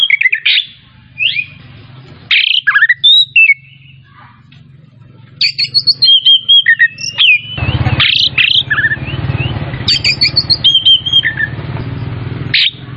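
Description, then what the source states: Oriental magpie-robin giving spaced whistled phrases and slurs with quiet stretches between, then a steady noisy background beneath the song later on. Kacer Tretes variety, singing vigorously in the gacor style.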